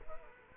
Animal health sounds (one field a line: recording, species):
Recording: mosquito wingbeat signal from an infrared sensor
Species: Culex quinquefasciatus